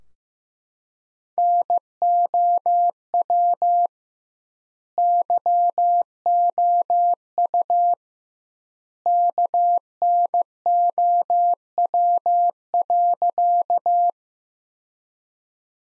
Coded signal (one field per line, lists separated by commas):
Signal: Morse code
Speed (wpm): 15 wpm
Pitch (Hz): 700 Hz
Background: none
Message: NOW YOU KNOW.